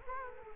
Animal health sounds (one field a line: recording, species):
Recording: mosquito wingbeat signal from an infrared sensor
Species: Culex quinquefasciatus